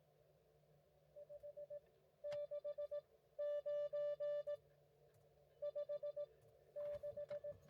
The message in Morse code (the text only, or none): 569 56